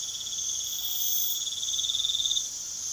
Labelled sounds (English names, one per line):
none